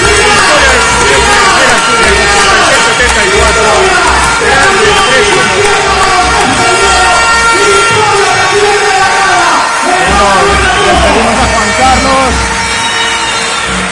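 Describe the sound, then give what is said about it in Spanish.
A basketball crowd gives a sustained ovation for the players of Unión Financiera Asturiana and Lleida at the end of the game, a loud, dense wash of cheering, clapping and shouting that barely dips over fourteen seconds, with scattered whoops rising above the roar. “Despedimos dentro de la ovación que están haciendo a los jugadores del Unión Financiera Asturiana y a los jugadores del Lleida.”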